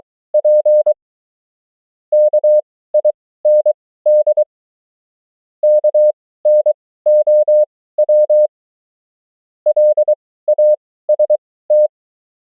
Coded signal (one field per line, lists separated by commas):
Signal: Morse code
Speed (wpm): 23 wpm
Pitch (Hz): 600 Hz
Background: none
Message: P KIND KNOW LAST